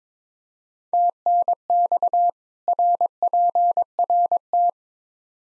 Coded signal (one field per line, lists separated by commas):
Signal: Morse code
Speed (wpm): 22 wpm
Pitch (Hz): 700 Hz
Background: none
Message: TNX RPRT